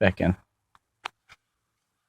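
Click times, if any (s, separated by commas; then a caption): 1.1 s. Someone talks briefly, then the plastic console latch undershield piece is pushed back into the center console lid of a 2007–2013 Silverado/Sierra. After a faint tick at 0.8 s, a sharp snap at 1.1 s marks the piece seating back in place, followed by a softer tick around 1.3 s.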